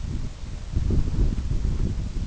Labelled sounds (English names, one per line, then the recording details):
none
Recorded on Arctic tundra, site UTQI-5, on 25 June 2018
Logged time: 18:00